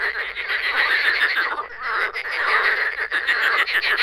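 Frogs croaking together in a steady, grating chorus that rises and falls slightly in strength.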